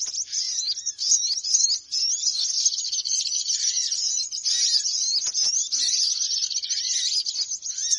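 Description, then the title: Bird: dense high twittering of birds, a nearly continuous buzzy chatter of fast chirps with faint lower whistles beneath. Noisy bird lure sounds for attracting birds, said to draw many birds in soon after they start. "Baru Diputar Dah Banyak Merapat! Suara Pikat Burung Ribut"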